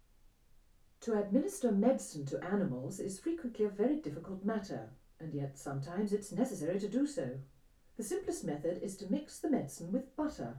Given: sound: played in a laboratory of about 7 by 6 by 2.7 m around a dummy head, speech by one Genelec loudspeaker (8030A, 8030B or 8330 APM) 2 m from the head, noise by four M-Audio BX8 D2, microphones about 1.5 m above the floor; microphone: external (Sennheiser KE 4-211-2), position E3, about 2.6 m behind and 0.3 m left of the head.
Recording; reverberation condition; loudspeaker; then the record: female speech in English; low; 90 degrees to the left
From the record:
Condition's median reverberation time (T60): about 310 ms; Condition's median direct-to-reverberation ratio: about 3.5 dB